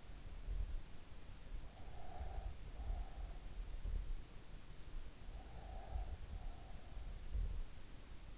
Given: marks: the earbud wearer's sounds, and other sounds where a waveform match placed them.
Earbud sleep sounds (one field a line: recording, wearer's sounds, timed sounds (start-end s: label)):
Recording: sounds in sleep by an in-ear microphone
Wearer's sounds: breath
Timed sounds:
1.69-3.31 s: breath
5.18-6.94 s: breath